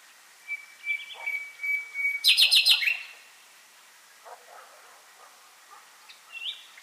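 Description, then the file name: Common nightingale singing a long level whistle, then a loud rapid trill of repeated notes, a few quiet clicks, and a short high note at the end. "Luscinia megarhynchos"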